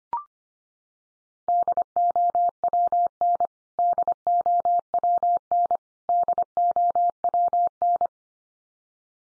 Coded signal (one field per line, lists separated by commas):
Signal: Morse code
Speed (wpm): 25 wpm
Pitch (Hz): 700 Hz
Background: none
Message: DOWN DOWN DOWN